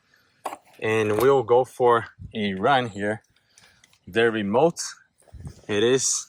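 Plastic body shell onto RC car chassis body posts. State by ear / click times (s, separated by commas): seated / 0.5 s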